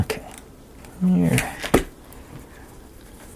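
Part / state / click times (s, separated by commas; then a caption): wooden model kit piece into its mating part of the model / seated / 1.7 s. A laser-cut wooden piece from a steam engine model kit is pressed and nudged into its mating part of the model while someone talks. It clicks into place with a sharp click at 1.7 s, and the piece is seated.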